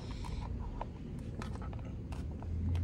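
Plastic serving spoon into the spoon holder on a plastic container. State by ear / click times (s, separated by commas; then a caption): not seated / none. A plastic serving spoon is repeatedly pushed against the snap-on spoon holder of a plastic food container, giving a series of short plastic knocks and scrapes. The spoon does not fit because it is the wrong size for that holder, so nothing has seated or clicked yet.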